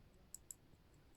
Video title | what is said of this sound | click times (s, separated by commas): THE BEST WATCH YOU CAN BUY FOR £300 ! | I'm just going to unscrew the crown. You can hear it pop. | 0.4 s, 0.5 s